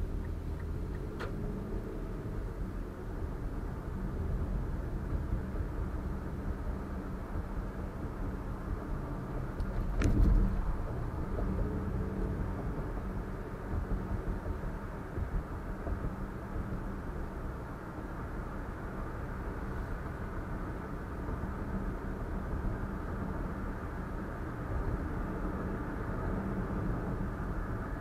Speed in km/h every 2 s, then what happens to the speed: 18, 29, 40, 45, 48, 48, 52, 58, 61, 63, 68, 69, 72, 76.
0-5 speeds up to 45. 5-11 steady at about 48. 11-28 speeds up to 76.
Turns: none.